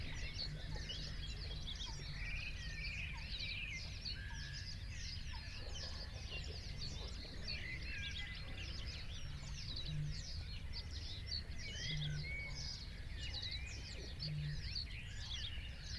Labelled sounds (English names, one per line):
Great Bittern